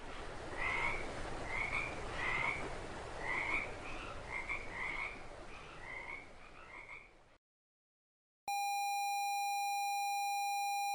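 Toads croak in a steady, repeated series of short rasping calls over a noisy background, then the sound cuts out and a loud, continuous electronic tone takes over.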